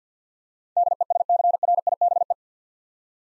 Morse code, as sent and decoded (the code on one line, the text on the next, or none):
-.. . ... -.-. .-. .. -... .
DESCRIBE